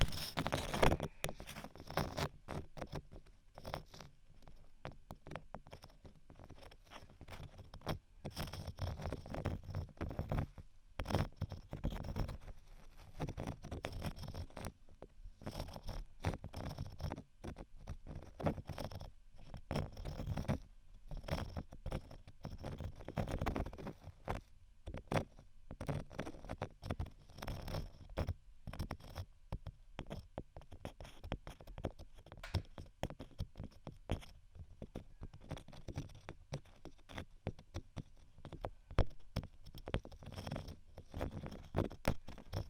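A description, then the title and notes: Dense scratching and tapping on textured objects continues for the whole clip, with frequent sharp dry clicks over a low, rumbling beat. ASMR Scratch & Tap On Textured Items & beat （No Talking）.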